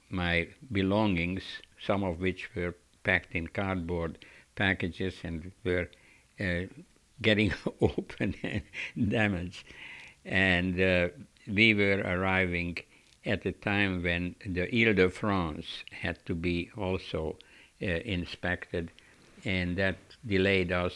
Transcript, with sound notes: my belongings, some of which were packed in cardboard packages and were getting (he laughs) opened and damaged. And we were arriving at the time when the Ile de France had to be also inspected and that delayed us.